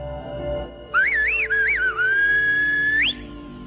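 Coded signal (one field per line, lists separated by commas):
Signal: whistled language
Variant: Silbo Gomero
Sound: a clear whistle gliding up and down in pitch, then holding and rising at the end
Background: low background hum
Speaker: Sur l'île de Gomera, un curieux langage sifflé qu'ils utilisaient, le silbo, est encore pratiqué de nos jours.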